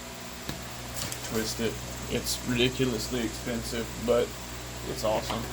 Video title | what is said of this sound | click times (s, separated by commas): Stihl MS-461- Stock Timing numbers and prep for performance work | it locks in place so you can | 0.5 s